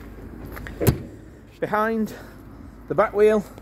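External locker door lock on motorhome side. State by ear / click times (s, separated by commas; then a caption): seated / 0.7 s. On a 2021 Swift Kontiki Sport 584 motorhome, the external locker door on the side is pushed shut and locked with one of the two locker keys. Sharp knocks at 0.6 s and 0.9 s surround a click at 0.7 s, where the lock seats. Someone then talks.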